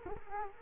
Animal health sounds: mosquito wingbeat signal from an infrared sensor; Culex quinquefasciatus

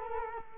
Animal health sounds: mosquito wingbeat signal from an infrared sensor; Culex quinquefasciatus

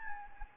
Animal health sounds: mosquito wingbeat signal from an infrared sensor; Anopheles gambiae

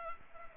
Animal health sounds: mosquito wingbeat signal from an infrared sensor; Culex pipiens

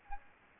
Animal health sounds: mosquito wingbeat signal from an infrared sensor; Anopheles gambiae

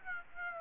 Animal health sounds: mosquito wingbeat signal from an infrared sensor; Aedes aegypti

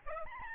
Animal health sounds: mosquito wingbeat signal from an infrared sensor; Aedes albopictus

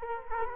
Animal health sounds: mosquito wingbeat signal from an infrared sensor; Culex quinquefasciatus

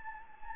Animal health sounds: mosquito wingbeat signal from an infrared sensor; Anopheles gambiae

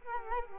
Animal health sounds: mosquito wingbeat signal from an infrared sensor; Culex quinquefasciatus

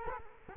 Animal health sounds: mosquito wingbeat signal from an infrared sensor; Culex quinquefasciatus

